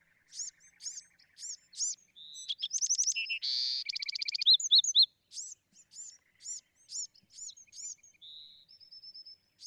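Bewick's wren song of quick repeated high chips, a dense middle section of buzzes and trills, then more chips and a thin drawn-out whistle.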